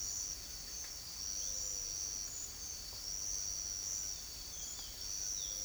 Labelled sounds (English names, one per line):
none